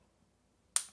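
A stainless steel snap cap, not a screw cap, is pushed onto the body of a stainless steel Lamy 2000 fountain pen and clicks shut. After near silence, a single sharp, bright snap sounds at 0.8 s and fades quickly. The cap is seated.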